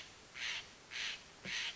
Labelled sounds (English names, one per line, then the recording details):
Steller's Jay
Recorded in Sonoma County, California